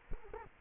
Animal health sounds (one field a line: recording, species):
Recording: mosquito wingbeat signal from an infrared sensor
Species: Culex quinquefasciatus